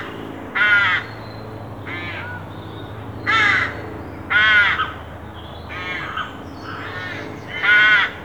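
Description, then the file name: Carrion crow calling with several harsh, hoarse caws at irregular spacing over a low steady background hum. "Corvus corone"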